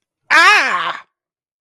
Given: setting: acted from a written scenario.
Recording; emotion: vocal sound without words; pain